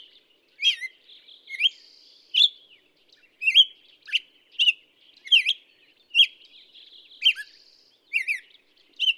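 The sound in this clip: Black-headed Grosbeak song: rich warbled phrases with slurred rising and falling notes, repeated with short pauses between them.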